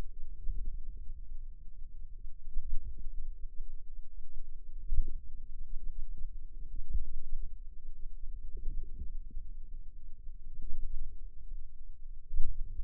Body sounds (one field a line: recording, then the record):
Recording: forearm muscle sounds (acoustic myography)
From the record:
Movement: ulnar deviation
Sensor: system 2, bracelet of six BSWA MPA416 microphones around the upper forearm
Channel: 2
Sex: female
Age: 22 years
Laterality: right